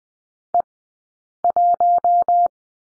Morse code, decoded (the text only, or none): E1